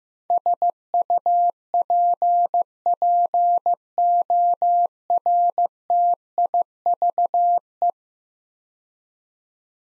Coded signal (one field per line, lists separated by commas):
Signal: Morse code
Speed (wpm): 15 wpm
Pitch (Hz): 700 Hz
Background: none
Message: SUPPORTIVE